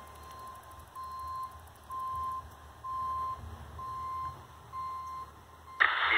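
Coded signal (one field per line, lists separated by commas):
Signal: none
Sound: radio roger beep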